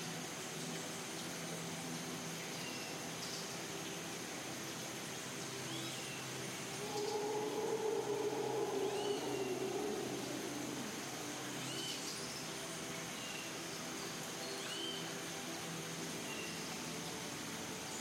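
A steady rainforest wash with faint scattered bird chirps, and a low droning swell rising between seven and ten seconds before fading.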